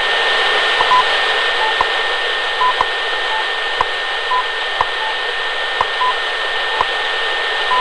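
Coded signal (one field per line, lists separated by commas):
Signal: radio time signal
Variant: WWV and BPM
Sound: steady one-second clicks with short beeps, overlapping stations under loud shortwave hiss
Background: radio static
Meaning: Each tick marks one second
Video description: WWV (Fort Collins, Colorado) and what I believe is BPM (Xi'an, China) as well as a second time signal beep I don't recognize heard alongside the other two. Recieved on 10 MHz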